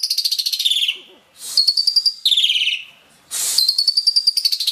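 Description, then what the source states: Asian pied starling song: harsh rapid pulsed chatter dropping in pitch, broken by short pauses, with sustained buzzy whistled notes. Masteran song-training audio for cage birds.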